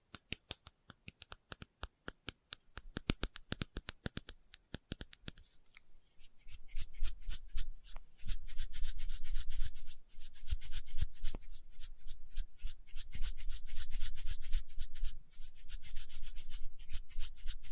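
Experimental triggers in test tubes: sharp, separate ticks and taps come rapidly for the first five seconds, then a dense scratching, rubbing sound takes over and continues to the end. The rubbing is bright and gritty, pulsing unevenly with brief pauses near 10 and 15 seconds.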